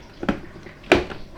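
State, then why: Seated. A filled plastic smoothie bottle is set onto the motor base of a Karaca Smoothie Blender and turned into its locking slot, with soft knocks around 0.2–0.3 s. A sharp click at 0.9 s marks the cup locking and seating on the base, followed by a faint tap near 1.1 s.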